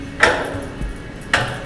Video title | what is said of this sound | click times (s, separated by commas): Diesel Powered Viking Skid Explanation | you got to push listen for the click that's as far as you go yep | 1.3 s